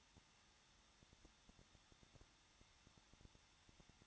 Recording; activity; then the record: daily activity, microphone in the room; no activity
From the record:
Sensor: 3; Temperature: 21.2 degrees Celsius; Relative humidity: 36.4%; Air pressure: 1006.4 hPa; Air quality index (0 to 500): 223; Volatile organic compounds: 43 ppm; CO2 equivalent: 3189 ppm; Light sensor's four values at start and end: 2/3/2/2 and 2/3/2/2